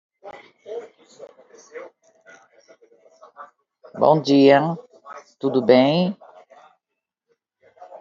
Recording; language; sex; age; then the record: short text; Brazilian Portuguese; female; 60 to 69 years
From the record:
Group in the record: control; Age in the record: 62 years